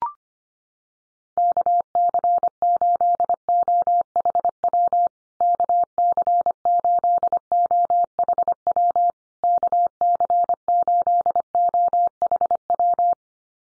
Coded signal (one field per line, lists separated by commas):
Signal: Morse code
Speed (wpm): 25 wpm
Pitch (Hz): 700 Hz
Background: none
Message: KC8OHW KC8OHW KC8OHW